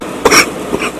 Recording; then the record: coughing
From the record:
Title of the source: 31 night wet cough